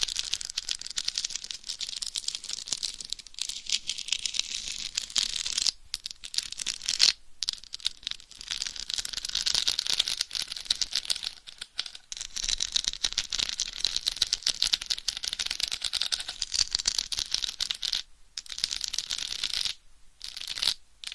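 Nails tapping and scratching on covers make a dense, crackly clicking that runs almost nonstop, broken by brief silences around 7, 18 and 20 seconds.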